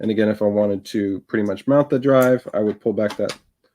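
Someone talks while handling the M.2 retention latch on an ASUS Z890 motherboard, pulling it back to mount the drive. Speech fills the clip with no distinct click. The clip ends before the drive goes home, and nothing has seated or clicked yet.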